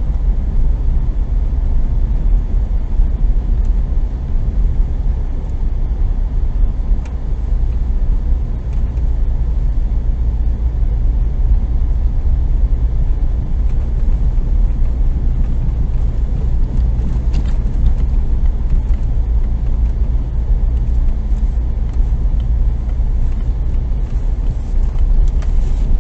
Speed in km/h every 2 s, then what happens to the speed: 28, 28, 28, 28, 27, 27, 28, 27, 27, 27, 27, 27, 29.
0-26 steady at about 27.